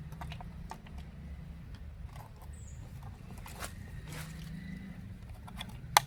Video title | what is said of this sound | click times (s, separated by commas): 𝗔𝗜𝗥 𝗟𝗔𝗬𝗘𝗥𝗜𝗡𝗚 𝗢𝗡 𝗣𝗥𝗜𝗢𝗥 𝗠𝗔𝗡𝗚𝗢 𝗧𝗥𝗘𝗘 @AGRICULTURE1A | അത് പതുക്കെ രണ്ട് സൈഡും ഒന്ന് അകത്തി മേലേക്ക് തള്ളി കഴിഞ്ഞാൽ കറക്റ്റ് ചെന്ന് ലോക്ക് ആയി അവിടെ | 6.0 s